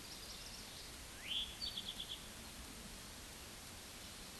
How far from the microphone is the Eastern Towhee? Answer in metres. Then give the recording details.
about 75 m. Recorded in a Pennsylvania forest on 17 May 2023 at 13:57. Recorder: AudioMoth, point grid1_34_low. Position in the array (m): 136 m, 116 m